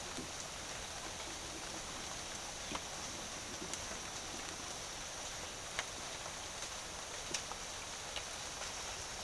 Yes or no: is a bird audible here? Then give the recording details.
no. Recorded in secondary vegetation near Puerto Asís, Putumayo, Colombia, on 21 March 2025 at 15:30. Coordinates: 0.489, -76.322. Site G042